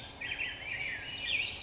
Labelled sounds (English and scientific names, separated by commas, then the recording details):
Black-headed Grosbeak (Pheucticus melanocephalus)
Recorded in Sonoma County, California